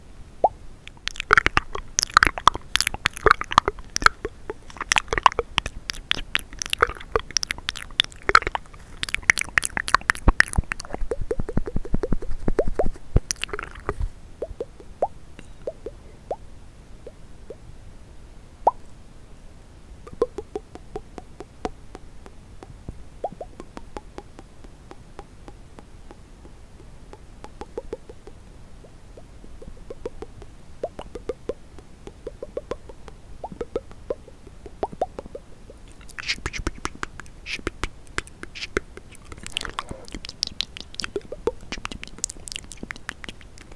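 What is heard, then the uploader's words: Wet mouth sounds: quick clicks, smacks and chewing-like crackles packed densely through the first fourteen seconds. The middle stretch turns sparse, with scattered soft clicks over a quiet hush, before a bright burst of rapid smacking returns around 36 to 42 seconds. ASMR The MOST Accurate MOUTH Sounds ($1 Mic VS $200 Mic).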